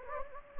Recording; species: mosquito wingbeat signal from an infrared sensor; Anopheles gambiae